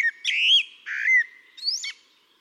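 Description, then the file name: Eurasian blackbird song: a swelling, rising whistle, a lower fluty note, then a thin high squeak. "Turdus merula"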